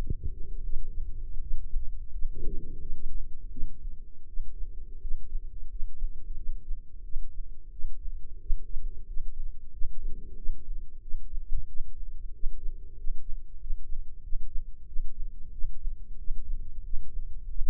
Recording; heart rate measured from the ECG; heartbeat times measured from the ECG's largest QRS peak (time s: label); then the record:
heart sounds by microphone in the right ear; 89 bpm
0.62 s: heartbeat
1.40 s: heartbeat
2.11 s: heartbeat
2.79 s: heartbeat
3.49 s: heartbeat
4.26 s: heartbeat
5.00 s: heartbeat
5.68 s: heartbeat
6.35 s: heartbeat
7.03 s: heartbeat
7.71 s: heartbeat
8.39 s: heartbeat
9.05 s: heartbeat
9.71 s: heartbeat
10.35 s: heartbeat
11.00 s: heartbeat
11.66 s: heartbeat
12.32 s: heartbeat
12.95 s: heartbeat
13.58 s: heartbeat
14.21 s: heartbeat
14.85 s: heartbeat
15.51 s: heartbeat
16.17 s: heartbeat
16.82 s: heartbeat
17.47 s: heartbeat
From the record:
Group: healthy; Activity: rest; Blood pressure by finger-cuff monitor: 107/76 mmHg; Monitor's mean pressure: 84 mmHg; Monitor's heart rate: 91 bpm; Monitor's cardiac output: 7.4 L/min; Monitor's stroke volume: 82 mL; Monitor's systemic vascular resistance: 850 dyn s/cm5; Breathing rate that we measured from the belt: 16 breaths a minute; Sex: male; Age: 19 years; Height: 178 cm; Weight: 83 kg